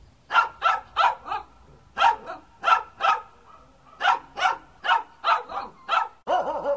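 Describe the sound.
Dog barking in quick runs of sharp barks with short pauses between them, then a drawn-out whining sound at the end.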